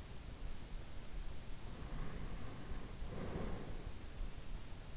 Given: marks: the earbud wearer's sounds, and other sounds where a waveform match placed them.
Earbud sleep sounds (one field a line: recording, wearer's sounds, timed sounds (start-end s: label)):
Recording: sounds in sleep by an in-ear microphone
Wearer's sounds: breath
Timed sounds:
1.45-4.11 s: breath